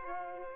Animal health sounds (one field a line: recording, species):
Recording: mosquito wingbeat signal from an infrared sensor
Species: Culex pipiens